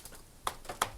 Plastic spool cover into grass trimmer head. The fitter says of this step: Then to pop your new one in, push those tabs in and click into place.